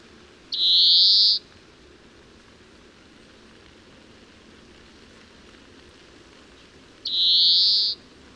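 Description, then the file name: European greenfinch giving two drawn-out, buzzy wheezes, each slightly rising and about a second long, several seconds apart, over a steady hiss of background noise. "Chloris chloris"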